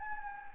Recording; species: mosquito wingbeat signal from an infrared sensor; Anopheles gambiae